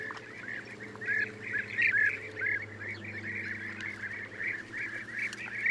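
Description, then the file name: European bee-eater calling, rolling burry notes in quick succession over a steady low hum. "gyurgyalag"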